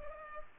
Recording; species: mosquito wingbeat signal from an infrared sensor; Culex pipiens